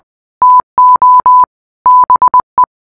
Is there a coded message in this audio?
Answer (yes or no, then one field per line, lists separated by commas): yes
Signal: Morse code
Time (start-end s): 0.4-2.6 s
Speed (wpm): 20 wpm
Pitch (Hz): 1000 Hz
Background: none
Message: TO BE